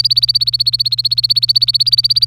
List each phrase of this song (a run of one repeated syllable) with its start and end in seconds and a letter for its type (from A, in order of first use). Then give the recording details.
0.00-2.26 A. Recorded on 25 April 2018 at 09:11. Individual llb3